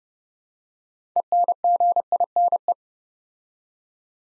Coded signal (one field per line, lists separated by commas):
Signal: Morse code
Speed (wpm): 30 wpm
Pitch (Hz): 700 Hz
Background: none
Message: ENGINE